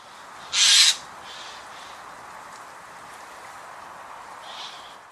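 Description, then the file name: Eurasian jay call: one loud, harsh, rasping screech, followed after a few seconds of quiet by a much fainter second rasp. "Garrulus glandarius"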